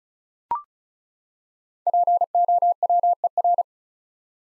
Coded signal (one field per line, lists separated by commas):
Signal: Morse code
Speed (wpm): 34 wpm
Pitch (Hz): 700 Hz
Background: none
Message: POWER